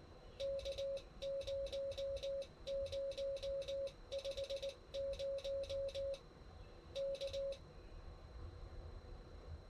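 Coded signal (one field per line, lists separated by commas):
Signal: Morse code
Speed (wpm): 19 wpm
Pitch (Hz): 550 Hz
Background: none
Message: K0050 K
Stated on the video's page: Morse from a park activation at a Mammoth Cave National Park campground, using an Icom 7300 into an end-fed half-wave antenna about 25 feet up.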